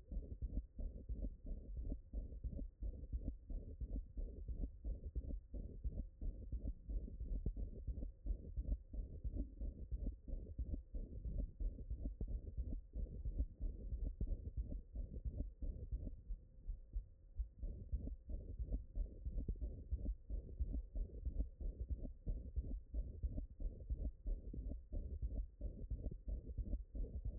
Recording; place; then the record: heart sounds by stethoscope; mitral valve (MV)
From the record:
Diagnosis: HFrEF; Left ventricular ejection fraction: 28%